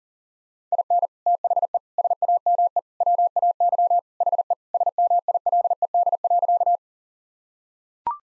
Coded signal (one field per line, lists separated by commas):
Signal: Morse code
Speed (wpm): 37 wpm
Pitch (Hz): 700 Hz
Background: none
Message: IN THE SAME WAY HE SMILED.